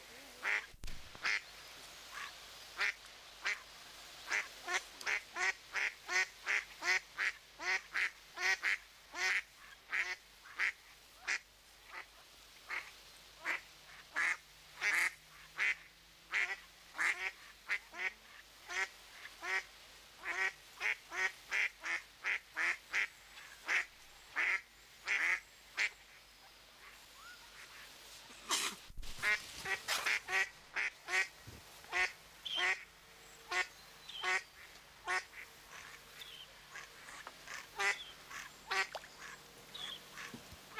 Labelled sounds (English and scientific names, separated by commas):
Mallard (Anas platyrhynchos) call